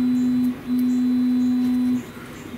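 A resistor-fitted, soldered crimp pin terminal is handled at the female plastic connector housing of a EuroVan transmission emulator. A steady low hum near 240 Hz drops out briefly around 0.5 s and stops at 2.0 s, leaving quieter background noise. Nothing has seated or clicked yet.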